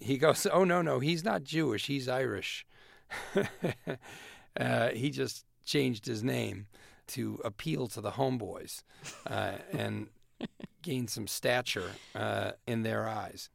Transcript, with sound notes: And he goes, oh, no, no. He's not Jewish. He's Irish (laughter). He just changed his name to appeal to the homeboys...
(Laughter).
...And gain some stature in their eyes.